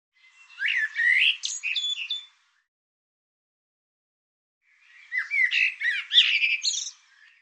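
Bird calls in two harsh, chattering bursts of squeaky, bending notes, each lasting about two seconds, separated by a quiet gap.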